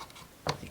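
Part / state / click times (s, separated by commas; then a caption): wooden model kit piece into the theatre frame / seated / 0.5 s. After the pieces are lined up, a wooden model kit part is pushed home into the frame of a Rolife Dark Castle Box Theatre and seats with a short, sharp click at 0.5 s. Faint light taps come before it around 0.1 s and after it around 0.7 s.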